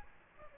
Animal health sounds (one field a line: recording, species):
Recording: mosquito wingbeat signal from an infrared sensor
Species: Aedes aegypti